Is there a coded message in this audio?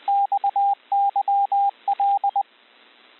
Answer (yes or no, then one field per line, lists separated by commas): yes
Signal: Morse code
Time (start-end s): 0.1-2.4 s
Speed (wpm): 20 wpm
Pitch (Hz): 800 Hz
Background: radio noise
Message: XYL